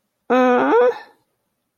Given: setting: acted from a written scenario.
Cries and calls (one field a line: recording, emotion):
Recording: vocal sound without words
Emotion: disappointment